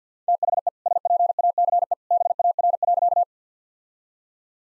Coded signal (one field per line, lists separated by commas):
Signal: Morse code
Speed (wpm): 50 wpm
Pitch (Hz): 700 Hz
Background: none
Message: THE SPACE BAR.